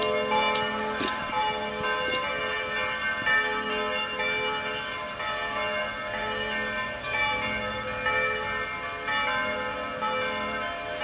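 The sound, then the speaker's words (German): Bells of the Evangelical Jubilate church in Lindlar peal steadily, their overlapping metallic tones humming together while fresh strikes land about once a second, a loud, continuous ringing with no voices. “So läutet sie.”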